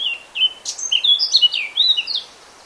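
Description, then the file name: Eurasian blackcap song, a loud rich warble of rapid varied whistled notes, some rising and falling, lasting about two seconds. "Sylvia atricapilla"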